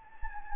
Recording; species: mosquito wingbeat signal from an infrared sensor; Anopheles gambiae